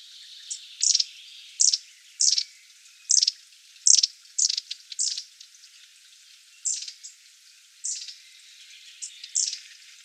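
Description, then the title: Long-tailed tits giving thin, very high, short call bursts at irregular intervals, several in quick clusters, with faint softer chips between them. Several birds. "Sylvain Jaskowiak - Mes piafs. Mésanges à longue queue"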